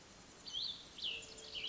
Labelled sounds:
Cassin's Vireo (Vireo cassinii)
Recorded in Sonoma County, California

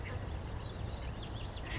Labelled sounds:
Western Flycatcher (Empidonax difficilis)
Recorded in Sonoma County, California

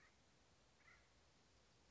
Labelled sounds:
Acorn Woodpecker (Melanerpes formicivorus)
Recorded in Sonoma County, California

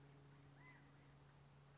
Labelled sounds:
California Quail (Callipepla californica)
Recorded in Sonoma County, California

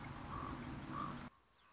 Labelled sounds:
Common Raven (Corvus corax)
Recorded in Sonoma County, California

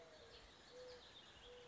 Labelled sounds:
Mourning Dove (Zenaida macroura)
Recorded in Sonoma County, California

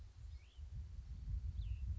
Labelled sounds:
Cassin's Vireo (Vireo cassinii)
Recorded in Sonoma County, California

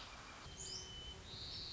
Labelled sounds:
White-crowned Sparrow (Zonotrichia leucophrys)
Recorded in Sonoma County, California

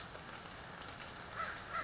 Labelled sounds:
American Crow (Corvus brachyrhynchos)
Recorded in Sonoma County, California

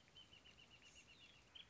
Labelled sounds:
Wrentit (Chamaea fasciata)
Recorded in Sonoma County, California

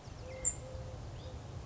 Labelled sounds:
Eurasian Collared Dove (Streptopelia decaocto)
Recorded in Sonoma County, California

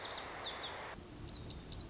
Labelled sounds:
Lazuli Bunting (Passerina amoena)
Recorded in Sonoma County, California

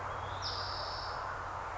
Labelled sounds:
Spotted Towhee (Pipilo maculatus)
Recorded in Sonoma County, California

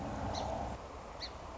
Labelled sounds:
Song Sparrow (Melospiza melodia)
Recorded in Sonoma County, California

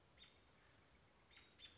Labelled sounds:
American Robin (Turdus migratorius)
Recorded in Sonoma County, California

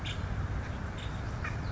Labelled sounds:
Nuttall's Woodpecker (Dryobates nuttallii)
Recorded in Sonoma County, California

